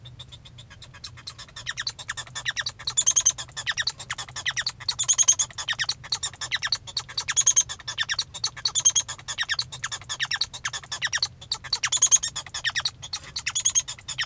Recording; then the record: song of a male Bengalese finch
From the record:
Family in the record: son of father 1